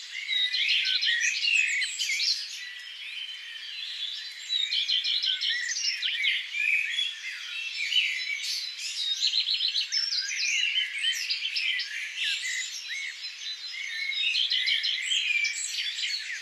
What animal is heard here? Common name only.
Common Redstart